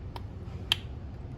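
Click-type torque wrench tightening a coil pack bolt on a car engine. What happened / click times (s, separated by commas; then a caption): Torque wrench clicked at its set torque / 0.7 s. A click-type torque wrench set to 10 ft-lb is pulled slowly on a coil pack bolt on an Audi S3 8V engine. It releases with a sharp, distinctive click at 0.7 s, signalling that the set torque is reached and to stop. A fainter tick comes earlier at 0.2 s over a low steady background rumble.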